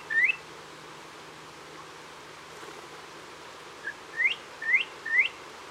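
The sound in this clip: Bird calls as clear rising whistled upslurs, one at the start and three in quick succession near the end, with quiet gaps between.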